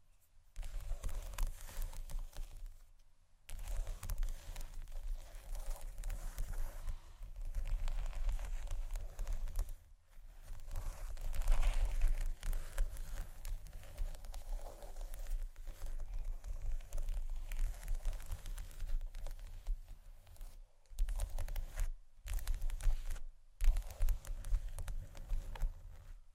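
Tapping and scratching on a table surface, a dense, continuous run of small clicks and rough scrapes with a heavy low thump underneath. Brief silences break it near 3, 10, 21, 22 and 23 seconds, and the scratching swells louder around 11 to 12 seconds.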